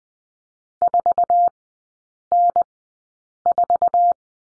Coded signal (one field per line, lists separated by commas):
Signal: Morse code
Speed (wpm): 20 wpm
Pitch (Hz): 700 Hz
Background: none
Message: 4N4